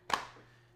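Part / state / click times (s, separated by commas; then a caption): smartphone into protective folio case / seated / 0.1 s. An iPhone 15 Pro Max is pressed into a leather folio case with a TPE bumper, giving one sharp click at 0.1 s. A short, faint tail follows. The phone is seated in the case with a clean click.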